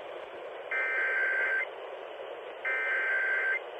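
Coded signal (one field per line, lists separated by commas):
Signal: Emergency Alert System (SAME) tones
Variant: header bursts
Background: speech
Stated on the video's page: Required monthly test received from an AM broadcast station.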